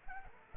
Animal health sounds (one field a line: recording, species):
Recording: mosquito wingbeat signal from an infrared sensor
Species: Anopheles arabiensis